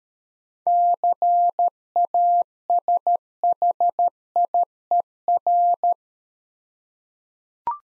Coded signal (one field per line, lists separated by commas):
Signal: Morse code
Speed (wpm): 13 wpm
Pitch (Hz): 700 Hz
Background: none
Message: CASHIER